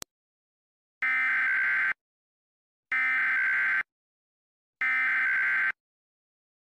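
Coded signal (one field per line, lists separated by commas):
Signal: Emergency Alert System (SAME) tones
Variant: header bursts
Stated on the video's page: Fictional EAS scenario.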